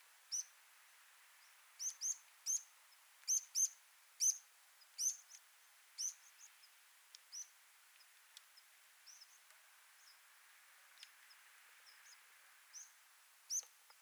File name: Bergpieper Flugruf